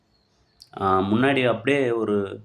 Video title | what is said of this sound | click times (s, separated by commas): Water wash #home water wash# vehical wash | ஒரு step மாதிரிதான் இருக்கு பிரண்ட்ஸ். ஒரு அழுத்த அழுத்துனோம்னா நம்மளுக்கு அப்படியே லாக் ஆயிடுது. | 0.6 s